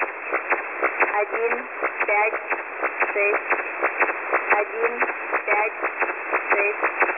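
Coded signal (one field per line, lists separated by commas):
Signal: numbers station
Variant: S06s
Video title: 2 nachrichten vom ukrainischen Agentensender S06s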